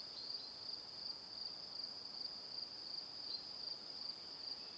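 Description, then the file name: Crickets chirping with rhythmic high-pitched pulses repeating roughly every third of a second, layered over a continuous trill and light hiss. Crickets chirping in the evening. "Calm - Evening Crickets"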